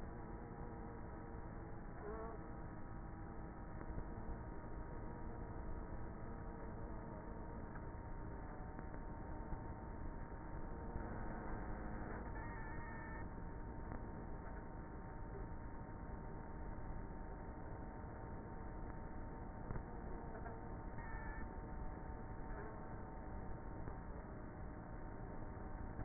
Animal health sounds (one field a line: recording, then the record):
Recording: honeybee colony, microphone inside the hive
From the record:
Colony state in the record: queenless with a low population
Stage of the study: before two queens were removed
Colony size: about 30,000 bees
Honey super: no